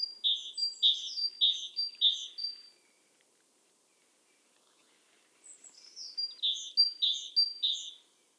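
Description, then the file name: Great tit repeating clear, high-pitched paired notes in two bouts separated by a quiet pause. "Parus major"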